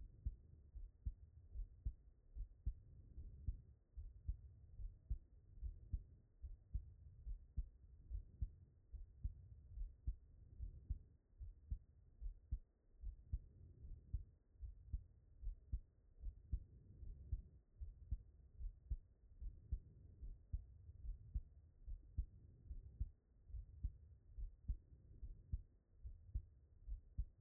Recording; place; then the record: heart sounds by stethoscope; pulmonary valve (PV)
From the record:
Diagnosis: non-HFrEF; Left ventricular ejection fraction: 66%